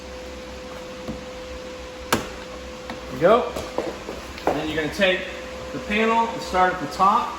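The door handle cable of a Fiat 500 Abarth is pressed back into its holder on the door panel during a window lift assembly (regulator and motor) replacement, and it clicks into place with a sharp snap at 2.1 s. A few softer knocks follow while someone talks.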